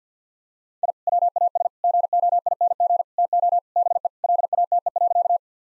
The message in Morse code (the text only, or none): I WAS GOING TO BE LATE.